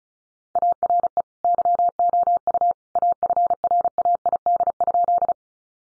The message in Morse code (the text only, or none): ARE YOU AFRAID?